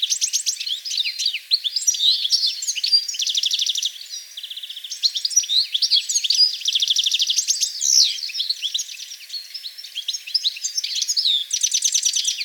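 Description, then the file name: European goldfinch twittering calls, rapid high chirps mixed with repeated buzzy trills in several bursts, lively and unbroken throughout. "Carduelis carduelis"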